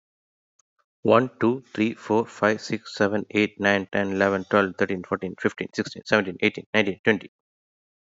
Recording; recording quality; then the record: counting at a fast pace; excellent, no background noise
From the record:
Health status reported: healthy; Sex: male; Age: 38 years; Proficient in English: yes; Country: India